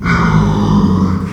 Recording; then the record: squeal of a Yucatan mini pig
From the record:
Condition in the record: after surgery on the right vocal fold (resection and tissue-engineered implant); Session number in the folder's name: 16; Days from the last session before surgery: 183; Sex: female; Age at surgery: 19 weeks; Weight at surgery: 25 kg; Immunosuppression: prednisolone